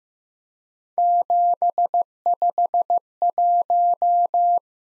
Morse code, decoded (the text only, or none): 751